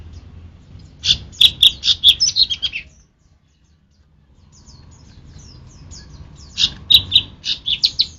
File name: cucak rante mas